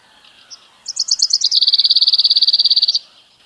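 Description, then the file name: Common chaffinch song, opening with a brief cluster of high notes that runs into a steady, fast, evenly pulsed trill ending suddenly after about one and a half seconds. "Fringilla coelebs"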